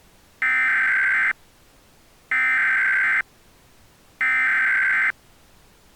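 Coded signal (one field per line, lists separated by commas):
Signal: Emergency Alert System (SAME) tones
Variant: header bursts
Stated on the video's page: Fictional EAS scenario.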